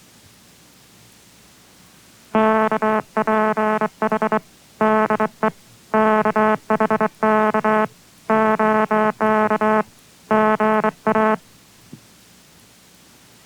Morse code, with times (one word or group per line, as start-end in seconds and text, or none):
2.3-4.4 KPH
4.8-5.5 DE
5.9-7.9 KHK
8.3-9.8 OK
10.3-11.3 GA